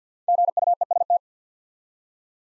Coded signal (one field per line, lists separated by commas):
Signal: Morse code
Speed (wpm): 50 wpm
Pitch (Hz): 700 Hz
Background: none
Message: GUEST